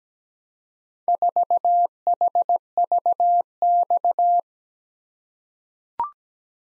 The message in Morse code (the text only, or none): 4HVX